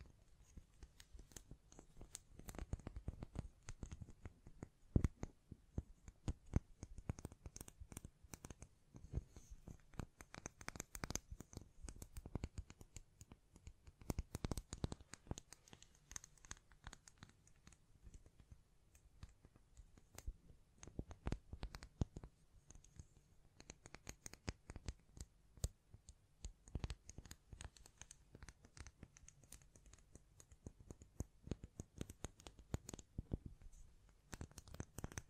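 Dense tapping and scratching on the mic, with fast irregular clicks and brushing strokes throughout, some louder taps around five and fifteen seconds.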